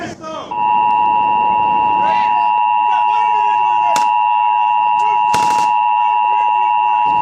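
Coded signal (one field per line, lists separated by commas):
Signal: Emergency Alert System (SAME) tones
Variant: 853 and 960 Hz attention tone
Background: speech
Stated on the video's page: Simulated EAS scenario made with EAS Simulator Pro software, not a real alert.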